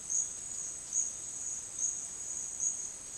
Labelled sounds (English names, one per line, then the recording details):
none
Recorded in dense forest near Puerto Asís, Putumayo, Colombia, on 23 June 2025 at 09:30
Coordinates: 0.468, -76.322
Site GP03